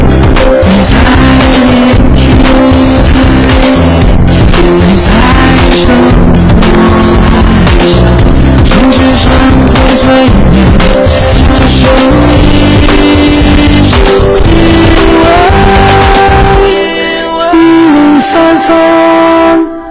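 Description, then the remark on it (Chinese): Loud, continuous go-kart engines roar and rev at Chenlei Sonic karting, basement level 1 of Chenlei Auto City, their pitch rising and falling, with bursts of squealing tires. The din thins briefly near the end before surging again. “陈雷索尼克卡丁车带你撒把野，你就只上了一个车王。”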